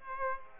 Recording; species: mosquito wingbeat signal from an infrared sensor; Aedes aegypti